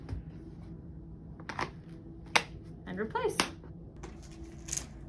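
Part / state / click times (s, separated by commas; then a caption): heel wedge on the sole of an Achilles walking boot / released / 2.4 s. Someone talks while pressing the two side buttons on the plastic sole of a VacoPed Pro Achilles walking boot at the same time to unlock and remove the thicker heel wedge. A sharp, loud click sounds at 2.4 s, followed by softer handling noises. The heel wedge unlocks and comes off the boot.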